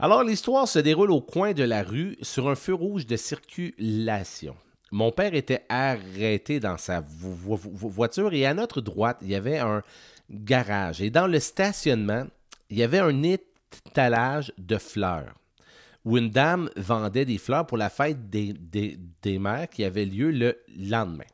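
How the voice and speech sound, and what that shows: Adult man reading aloud in French from his own book, Go, c'est maintenant, with stuttering: a repeated word ("des, des, des") and prolonged sounds, with pauses between phrases. He has stuttered since early childhood, severely at age 8.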